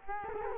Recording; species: mosquito wingbeat signal from an infrared sensor; Culex quinquefasciatus